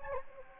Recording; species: mosquito wingbeat signal from an infrared sensor; Anopheles gambiae